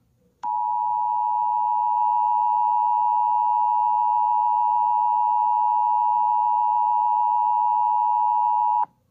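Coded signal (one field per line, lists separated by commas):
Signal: Emergency Alert System (SAME) tones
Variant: 853 and 960 Hz attention tone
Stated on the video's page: Fictional EAS scenario about a thunderstorm in Florida.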